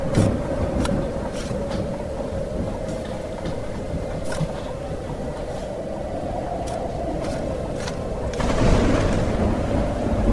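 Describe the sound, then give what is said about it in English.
A thunderstorm over a boatyard: a dense, continuous low rumble of thunder over a steady wash of rain hiss, with brief crackles scattered through and a louder swell of rumbling near the end. No voices. “I don't know why you're out in the boatyard in this storm.”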